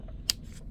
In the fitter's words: and it pops right out. So that is